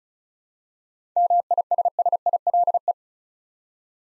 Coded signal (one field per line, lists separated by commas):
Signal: Morse code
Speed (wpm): 36 wpm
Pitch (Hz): 700 Hz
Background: none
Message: MISSILE